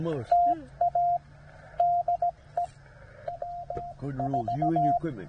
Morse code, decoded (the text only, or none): TA DE W4